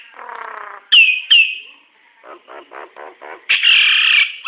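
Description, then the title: Nias hill myna calls: a buzzy low note, two loud descending whistles, a few soft nasal pulses, then a harsh drawn-out squawk. "Burung jalak nias"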